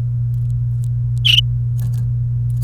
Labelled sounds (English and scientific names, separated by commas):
Domestic Canary (Serinus canaria) song